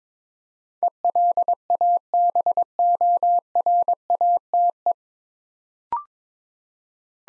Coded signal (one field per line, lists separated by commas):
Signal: Morse code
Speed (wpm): 23 wpm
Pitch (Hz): 700 Hz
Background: none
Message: ELABORATE